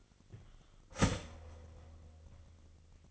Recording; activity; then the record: daily activity, microphone in the room; start toaster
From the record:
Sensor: 4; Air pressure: 1002.8 hPa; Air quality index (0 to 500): 237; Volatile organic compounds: 17 ppm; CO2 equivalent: 2577 ppm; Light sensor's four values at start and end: 22/75/27/28 and 18/59/22/21